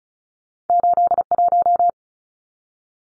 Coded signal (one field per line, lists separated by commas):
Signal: Morse code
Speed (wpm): 34 wpm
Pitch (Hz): 700 Hz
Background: none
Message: 81